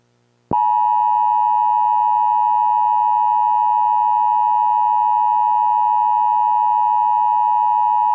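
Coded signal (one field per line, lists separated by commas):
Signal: Emergency Alert System (SAME) tones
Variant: 853 and 960 Hz attention tone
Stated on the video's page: Fictional mock alert videos with valid tones, including Emergency Broadcast System recreations.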